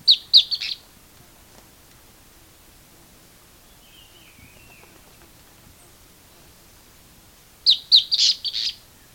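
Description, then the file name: Bird calling in two rapid bursts of sharp high chirps at the start and the end, separated by a long quiet gap with a faint thin twitter. "SABIOD 50 bird 2015"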